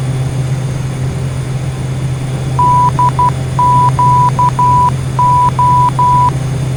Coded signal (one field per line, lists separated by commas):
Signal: Morse code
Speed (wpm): 12 wpm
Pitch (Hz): 990 Hz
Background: none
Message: DQO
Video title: Taking Another Look At Flight Simulator X Cross Keys (17N) to Lancaster (KLNS) and Back